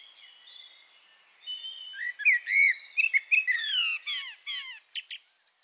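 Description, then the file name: Common blackbird song: a soft, drawn-out whistle, then a richer fluty warble that breaks into high, scratchy twitters at the end. "Turdus merula"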